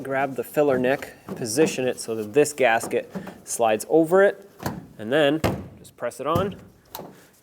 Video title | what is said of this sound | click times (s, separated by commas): How to Replace Fuel Filler Pocket 2009-2014 Ford F-150 | those clips should lock in you may or may not hear them snap into place but | 6.9 s